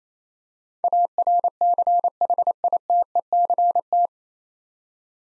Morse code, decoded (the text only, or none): ARCHITECT